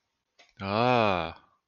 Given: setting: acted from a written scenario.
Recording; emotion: vocal sound without words; awe